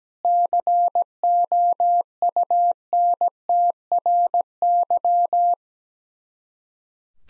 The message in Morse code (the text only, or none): COUNTRY